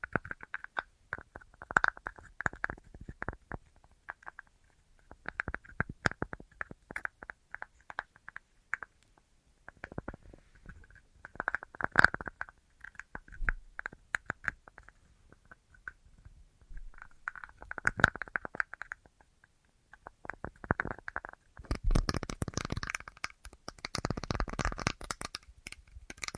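An assortment of tapping in quick, uneven bursts, many sharp clicks packed close together with short pauses between groups. Some taps carry a faint ringing tone. From about 21 seconds the taps grow denser, louder and brighter, with a scratchy, rustling quality.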